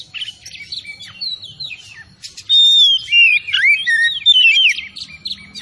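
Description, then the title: Oriental magpie-robin song, soft jumbled notes first, then loud clear sweeping whistles and quick twisting phrases in a rich sequence. Singing vigorously (gacor); Tretes. "Kacer Tretes"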